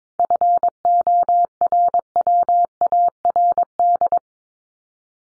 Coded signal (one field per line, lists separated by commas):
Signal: Morse code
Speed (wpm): 22 wpm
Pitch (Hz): 700 Hz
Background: none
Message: FORWARD